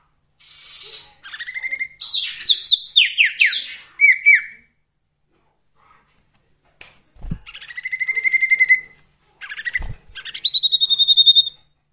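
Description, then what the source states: Sirtu song with varied phrases: sweeping buzzy notes, fast trills, a silent break and a clear whistled trill at the end. Masteran recording with the full variety of song, used for training songbirds.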